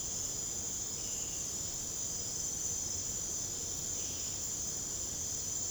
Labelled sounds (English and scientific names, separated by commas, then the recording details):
none
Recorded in secondary vegetation near Puerto Asís, Putumayo, Colombia, on 26 December 2024 at 01:00
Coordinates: 0.489, -76.322
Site G059